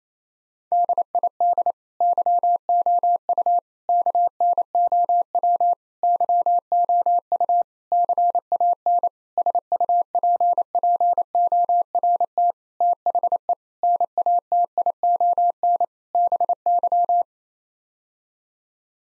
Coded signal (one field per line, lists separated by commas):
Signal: Morse code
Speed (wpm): 28 wpm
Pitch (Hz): 700 Hz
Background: none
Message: DID YOU KNOW YOU CAN SUPPORT THE NATION BY